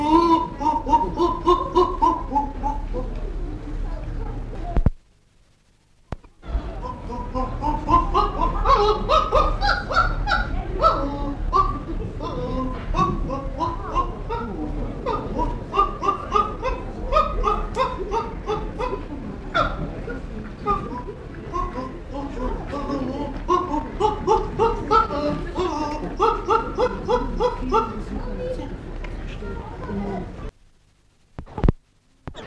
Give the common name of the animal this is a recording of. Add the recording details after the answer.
Chimpanzee. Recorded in captivity. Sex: diverse. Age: juvenile. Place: Tierpark Berlin, Berlin, DE. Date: 1960-09-14 11:30. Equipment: Reporter (Vollspur), Abstand ca. 10 m. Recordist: Tembrock, Günter. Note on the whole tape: Halbwüchsige (Toto und Kata) wurden aus Schloß allein in Käfig gebracht, Susi (Altweibchen) zurückgelassen. Toto fing an zu rufen, kurz (dunkler) auch Weibchen. Bei Rufreihen Begattungsverhalten, dann Susi dazu